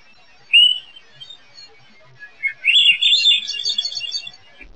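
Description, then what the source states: Swainson's thrush flight call, a single short upward-sliding whistled note, followed later by a longer burst of noisy high chatter. Nocturnal flight call.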